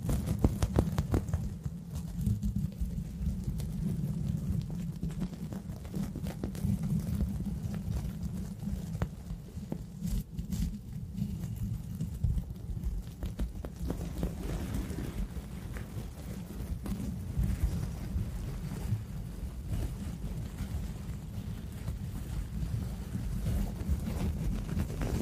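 Tapping and scratching with a brush on canvas, heard as a steady run of quick, sharp clicks and scrapes that cluster more thickly around ten and fifteen seconds. Underneath, a constant low rumble hums unchanged for the whole clip.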